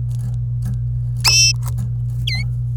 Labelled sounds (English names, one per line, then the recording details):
Domestic Canary song
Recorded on 26 April 2018 at 11:32
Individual llb3